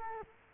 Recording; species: mosquito wingbeat signal from an infrared sensor; Culex quinquefasciatus